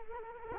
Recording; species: mosquito wingbeat signal from an infrared sensor; Culex quinquefasciatus